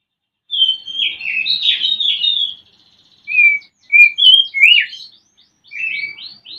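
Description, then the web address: Oriental magpie-robin song: loud, varied whistled phrases sliding up and down, delivered in short bursts separated by brief pauses. Used as a lure to stimulate a bird in breeding condition to sing. "kacer pancingan birahi. masteran kacer"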